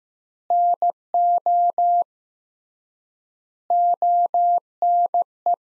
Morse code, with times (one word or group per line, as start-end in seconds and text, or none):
0.5-2.0 NO
3.7-5.5 ONE